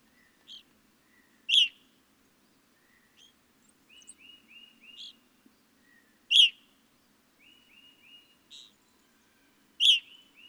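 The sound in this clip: Evening grosbeak calls: loud ringing chirps every few seconds, with softer whistled notes and quiet chips between them.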